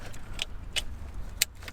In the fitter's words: we are making all the connections here everything will click into place